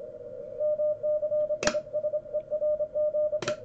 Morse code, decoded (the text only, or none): MCISERGE